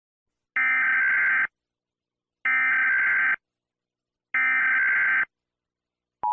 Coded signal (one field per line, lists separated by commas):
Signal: Emergency Alert System (SAME) tones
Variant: header bursts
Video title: EAS Scenario - The Great Earthquake (1977)